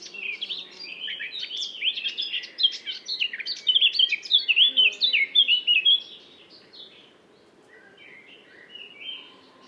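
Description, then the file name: Eurasian blackcap song, a hurried warbling stream rising into louder whistled notes, then fading into quieter scattered chirps, with a faint low background rumble. "Svarthatta"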